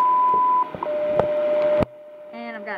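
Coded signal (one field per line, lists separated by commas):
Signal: radio time signal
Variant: WWV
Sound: short high steady tone, then a lower steady hum tone through static with clicks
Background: radio static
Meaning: The 1 kHz tone marks the start of the minute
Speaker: at the tone 20 hours coordinated universal time so you've got my radio here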